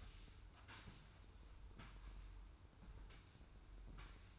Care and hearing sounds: daily activity, microphone in the room; sweep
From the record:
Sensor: 2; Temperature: 25.1 degrees Celsius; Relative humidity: 45.4%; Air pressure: 990.3 hPa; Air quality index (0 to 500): 210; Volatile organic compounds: 1000 ppm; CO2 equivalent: 6742 ppm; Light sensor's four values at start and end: 30/71/29/29 and 30/71/29/29

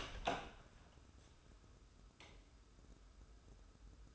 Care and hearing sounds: daily activity, microphone in the room; open door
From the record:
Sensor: 2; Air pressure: 1015.1 hPa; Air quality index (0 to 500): 172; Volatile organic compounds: 10 ppm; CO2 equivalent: 2242 ppm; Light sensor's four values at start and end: 13/36/14/16 and 13/36/14/16

